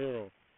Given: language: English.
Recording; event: throat vibration sensor signal played as sound; speech